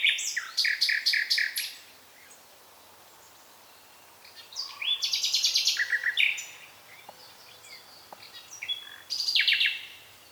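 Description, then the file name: Common nightingale singing separate phrases of rapid repeated notes and chattering trills, with short quiet pauses between them. "Luscinia megarhynchos"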